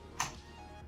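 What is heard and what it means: A graphics card already sitting in its motherboard PCIe slot is pushed down, and a single sharp click is heard at 0.2 s as the slot latch catches. The card is now seated in the slot, with only a low steady hum before and after.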